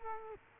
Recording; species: mosquito wingbeat signal from an infrared sensor; Culex quinquefasciatus